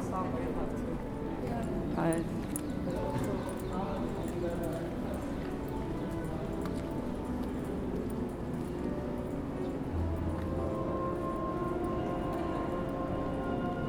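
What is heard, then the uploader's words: Musical cacophony from practice rooms in London forms a dense, steady jumble of overlapping low tones and voices, with brief clattering sounds throughout. Musical cacophony pouring through the open windows of practice rooms, London, UK.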